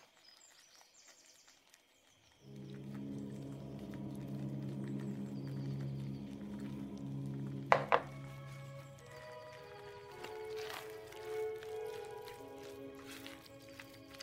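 Kitchen ambience with old-time music playing: quiet until about two seconds, then a steady low hum of music, with sharp clatters near eight seconds and later.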